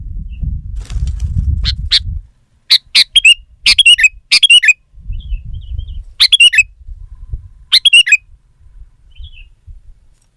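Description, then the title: Sooty-headed bulbul giving clusters of bright, bubbling chirps in bursts, interrupted by stretches of low rumbling background noise. "kutilang"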